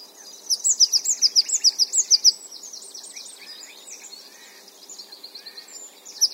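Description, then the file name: Great tit calls: a rapid burst of high, thin chevron notes, about a dozen in under two seconds, followed by softer scattered chirps and another brief high burst at the end. "Parus major"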